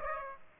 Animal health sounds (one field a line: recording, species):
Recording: mosquito wingbeat signal from an infrared sensor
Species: Aedes aegypti